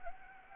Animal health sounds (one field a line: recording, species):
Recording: mosquito wingbeat signal from an infrared sensor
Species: Anopheles gambiae